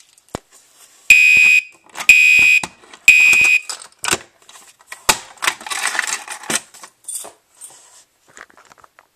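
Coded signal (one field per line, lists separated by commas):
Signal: alarm pattern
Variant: Gentex Commander 2 horn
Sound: three harsh buzzing horn blasts, evenly spaced, then rattling and handling noises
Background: handling clatter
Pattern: temporal three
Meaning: Temporal-3 pattern signals building evacuation for fire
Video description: The famous mechanical-code 3 tone on this alarm. Heard on most Commander Series products.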